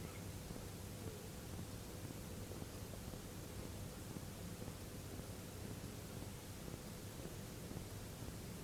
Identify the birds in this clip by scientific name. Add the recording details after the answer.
none. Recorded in France